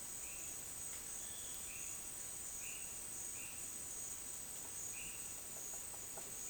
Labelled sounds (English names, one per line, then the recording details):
none
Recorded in dense forest near Puerto Asís, Putumayo, Colombia, on 29 June 2025 at 10:30
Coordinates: 0.484, -76.325
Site H65